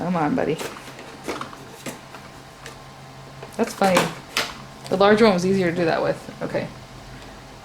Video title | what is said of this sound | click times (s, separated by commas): Singer Legacy SE-300: Importing Words from Fonts & Purchased Designs into Your Machine Using USB! | It's all clicked in there. | 1.4 s